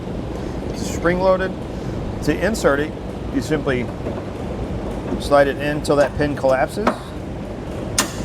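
A removable steel tow arm with a spring-loaded collapsible pin is slid into the base plate receiver of a Roadmaster Direct-Connect Base Plate Kit on a 2013 Jeep Grand Cherokee, then twisted until the pin pops out and locks. Someone talks throughout, and a single sharp click is heard at 8.0 s as the pin locks the arm into the base plate.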